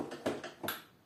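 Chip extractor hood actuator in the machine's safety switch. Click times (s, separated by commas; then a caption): 0.7 s. The chip extractor hood on an Einhell TC SP 204 planer thicknesser is lifted slowly so its plastic actuator releases the machine's safety interlock switch, letting the deactivation click be heard. Short taps sound at about 0.3 s and 0.4 s, then the switch clicks off at 0.7 s, and the sound fades. The safety switch is released.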